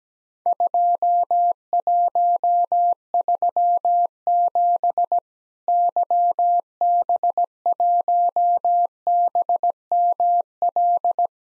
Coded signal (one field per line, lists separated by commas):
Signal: Morse code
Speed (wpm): 17 wpm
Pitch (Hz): 700 Hz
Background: none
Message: 2137 YB1BML